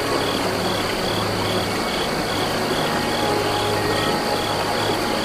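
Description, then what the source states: Crickets give quick regular high chirps over a wash of river water, while gentle flute notes drift in and a low drone continues. Crickets by a small river.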